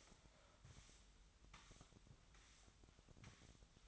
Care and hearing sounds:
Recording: daily activity, microphone in the room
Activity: sweep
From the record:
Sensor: 3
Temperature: 25.2 degrees Celsius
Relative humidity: 38.4%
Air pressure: 1001.6 hPa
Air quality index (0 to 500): 224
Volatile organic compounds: 31 ppm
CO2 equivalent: 2978 ppm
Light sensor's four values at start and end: 11/35/15/13 and 11/35/15/13

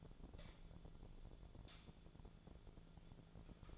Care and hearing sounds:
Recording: daily activity, microphone in the room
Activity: light on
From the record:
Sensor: 5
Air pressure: 1009.9 hPa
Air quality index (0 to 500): 158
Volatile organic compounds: 4 ppm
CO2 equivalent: 1541 ppm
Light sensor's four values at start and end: 204/517/213/230 and 204/517/213/229

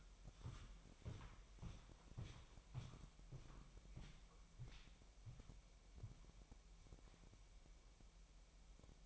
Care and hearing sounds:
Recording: daily activity, microphone in the room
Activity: walk to room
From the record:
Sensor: 1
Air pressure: 1002.0 hPa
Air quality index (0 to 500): 248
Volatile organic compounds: 53 ppm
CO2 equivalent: 3330 ppm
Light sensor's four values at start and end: 9/22/9/10 and 9/22/9/10

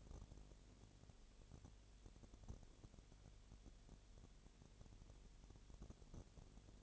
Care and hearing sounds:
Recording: daily activity, microphone in the room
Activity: no activity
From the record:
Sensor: 4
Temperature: 22.7 degrees Celsius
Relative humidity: 32.0%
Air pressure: 1008.1 hPa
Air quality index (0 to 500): 114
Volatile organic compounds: 2 ppm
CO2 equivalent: 1105 ppm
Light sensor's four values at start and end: 2/3/1/1 and 2/3/1/1

